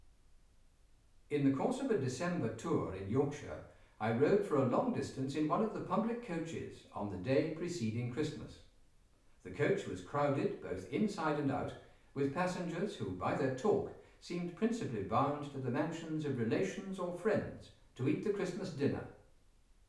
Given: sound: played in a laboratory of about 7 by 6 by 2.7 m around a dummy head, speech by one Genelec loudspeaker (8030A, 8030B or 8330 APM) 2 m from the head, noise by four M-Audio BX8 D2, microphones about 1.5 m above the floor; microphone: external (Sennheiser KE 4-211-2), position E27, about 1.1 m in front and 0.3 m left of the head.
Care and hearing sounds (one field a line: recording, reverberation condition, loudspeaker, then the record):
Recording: male speech in English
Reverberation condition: medium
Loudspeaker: 150 degrees to the left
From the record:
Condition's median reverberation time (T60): about 510 ms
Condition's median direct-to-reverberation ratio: about -0.5 dB